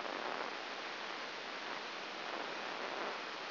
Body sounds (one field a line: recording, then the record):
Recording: brain microelectrode recording played as sound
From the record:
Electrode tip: inside the subthalamic nucleus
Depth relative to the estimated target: -2 mm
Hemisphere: left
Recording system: AlphaMap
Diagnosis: Parkinson's disease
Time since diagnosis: 9 years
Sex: female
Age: 40 years